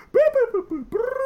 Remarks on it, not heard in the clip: That was how I sneeze. I sound like computers when I sneeze.